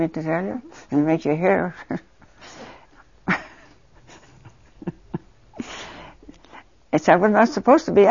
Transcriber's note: she laughs